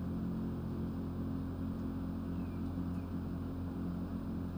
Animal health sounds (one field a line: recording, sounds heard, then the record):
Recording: poultry house recording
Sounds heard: healthy chickens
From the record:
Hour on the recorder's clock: 23